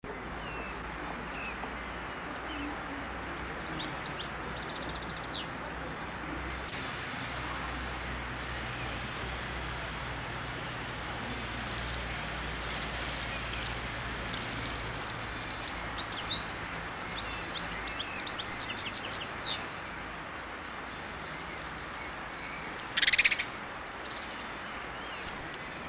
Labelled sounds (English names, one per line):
European Goldfinch song